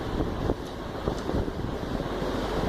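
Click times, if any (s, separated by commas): none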